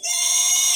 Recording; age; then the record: pig call; weaner (32 to 43 days)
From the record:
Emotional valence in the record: negative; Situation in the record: restrain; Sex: male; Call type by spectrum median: high-frequency call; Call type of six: high-frequency stable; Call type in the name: high-frequency stable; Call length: 0.76 s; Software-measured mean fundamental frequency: 639 Hz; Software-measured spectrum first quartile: 4674 Hz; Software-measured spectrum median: 6143 Hz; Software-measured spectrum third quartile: 7141 Hz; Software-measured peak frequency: 6458 Hz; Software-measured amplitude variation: 93 dB a second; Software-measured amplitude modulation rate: 24.3 a second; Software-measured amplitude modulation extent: 3.8 dB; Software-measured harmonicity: 5.2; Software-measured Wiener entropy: -2.88